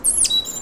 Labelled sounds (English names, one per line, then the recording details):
Stitchbird song
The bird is a male
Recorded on Tiritiri Matangi Island, New Zealand, in 2005
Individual 1, of nest box 1